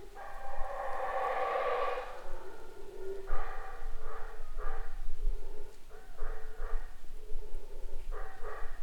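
Howler monkey giving a long rough roar at first, followed by a series of shorter, pulsing moaning howls repeated through the rest.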